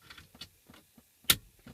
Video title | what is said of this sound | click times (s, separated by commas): How To: Fix VW Jetta MK4 Radio | for the click you heard the click there's one | 1.3 s